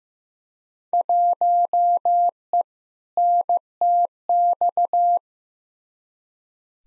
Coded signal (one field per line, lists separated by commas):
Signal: Morse code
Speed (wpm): 15 wpm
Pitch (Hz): 700 Hz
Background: none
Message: 1E NTX